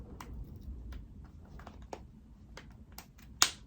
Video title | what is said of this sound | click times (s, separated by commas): Neglected water propagations finally get a new home! 🪴Pot some water props with me 💦 | then you twist it and you can hear the clicks of it clicking into place | 1.9 s, 2.6 s, 3.0 s, 3.4 s